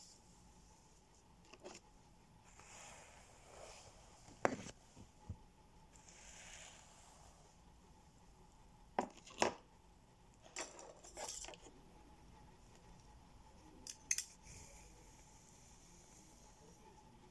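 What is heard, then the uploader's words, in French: Hair is brushed in soft, airy strokes that come in loose bursts, with sharp taps or clicks landing near 4.5, 9, 9.5 and 14 seconds. A faint steady hum sits underneath between the sounds. Brossage de cheveux, tapping.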